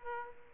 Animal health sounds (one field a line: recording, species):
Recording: mosquito wingbeat signal from an infrared sensor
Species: Aedes aegypti